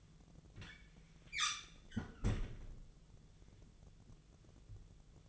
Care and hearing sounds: daily activity, microphone in the room; close fridge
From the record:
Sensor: 4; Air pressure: 1000.9 hPa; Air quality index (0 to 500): 131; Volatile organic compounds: 2 ppm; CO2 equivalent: 978 ppm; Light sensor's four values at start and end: 30/71/30/32 and 31/76/32/34

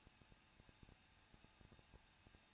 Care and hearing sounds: daily activity, microphone in the room; no activity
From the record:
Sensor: 2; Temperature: 21.0 degrees Celsius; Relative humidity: 37.3%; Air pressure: 1006.2 hPa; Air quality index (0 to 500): 221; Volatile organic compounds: 23 ppm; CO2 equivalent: 2796 ppm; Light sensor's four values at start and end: 2/3/2/2 and 2/3/2/2

